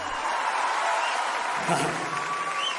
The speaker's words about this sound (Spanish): ¡Aquí tenga la onda! ¡La color! Los aplausos también para él.